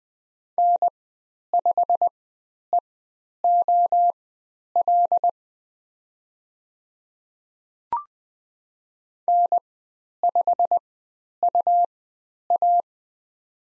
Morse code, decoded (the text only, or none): N5EOL N5UA